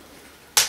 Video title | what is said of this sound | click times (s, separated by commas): Laptop Screen Replacement / How To Replace Laptop Screen [Gateway ID49C07u] www.ScreenCountry.com | I go along with the other you can see and hear them snapping right off | 0.6 s